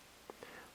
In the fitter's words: once you find the correct orientation which is like this right here the link should just snap right into place